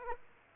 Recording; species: mosquito wingbeat signal from an infrared sensor; Aedes aegypti